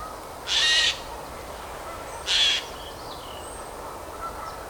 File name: Garrulus glandarius